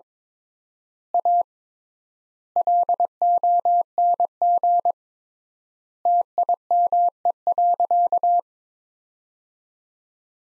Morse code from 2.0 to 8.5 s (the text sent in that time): LONG TIME.